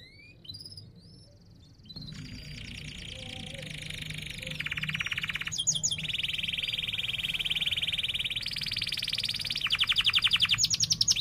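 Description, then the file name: Canary song opens with quiet chirps, then long sustained buzzy trills that shift between pitches and grow louder toward the end. Canary singing vigorously (gacor) with chirping 'cuit cuit' notes and sharp rolling trills (ngerol tajam). "Suara Kenari Gacor Cuit Cuit Ngerol Tajam"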